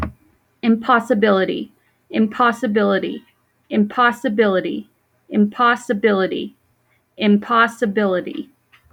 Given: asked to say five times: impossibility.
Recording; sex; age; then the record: repeated word; female; 20 to 29 years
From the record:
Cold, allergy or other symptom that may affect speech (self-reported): no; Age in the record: 29 years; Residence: Colorado, United States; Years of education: 19